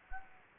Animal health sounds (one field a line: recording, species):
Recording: mosquito wingbeat signal from an infrared sensor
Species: Anopheles gambiae